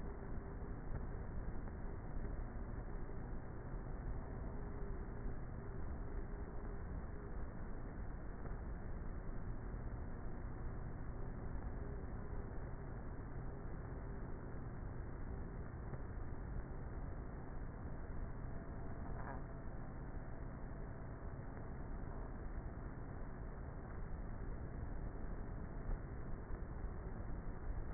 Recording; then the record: honeybee colony, microphone inside the hive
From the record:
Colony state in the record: queenless with a low population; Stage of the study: before two queens were removed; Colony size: about 30,000 bees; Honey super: no